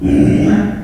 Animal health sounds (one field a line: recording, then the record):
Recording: squeal of a Yucatan mini pig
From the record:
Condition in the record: after surgery on the right vocal fold (resection and tissue-engineered implant)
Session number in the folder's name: 1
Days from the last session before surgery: 13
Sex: female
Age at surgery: 19 weeks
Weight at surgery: 25 kg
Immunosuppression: prednisolone